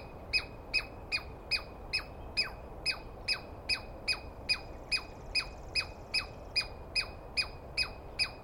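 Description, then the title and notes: Douglas squirrel giving harsh, scratchy barking notes, each with a quick downward sweep, repeated steadily about two and a half times per second under a soft hiss of background noise. Single squirrel screaming at length at dawn, morning of 21 April 2017, East Cascades; recordist startled awake by it; identity judged by its sound, animal only poorly seen. "On the morning of 21 April, 2017, I set up my microphones and recorder for a nice dawn recording in the East Cascades. I was started awake by a screaming Douglas Pine Squirrel."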